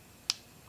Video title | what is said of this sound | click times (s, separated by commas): Update on factory PCM stand alone transmission controller installation | shove it into the hole tongue clicks and you're | 0.3 s